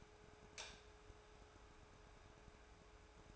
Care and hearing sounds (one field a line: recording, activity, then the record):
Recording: daily activity, microphone in the room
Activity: light on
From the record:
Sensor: 2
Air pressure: 1010.1 hPa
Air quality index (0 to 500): 158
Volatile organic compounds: 7 ppm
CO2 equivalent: 1986 ppm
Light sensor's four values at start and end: 39/94/42/48 and 44/111/49/54